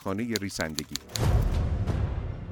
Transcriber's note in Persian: صدای کیبورد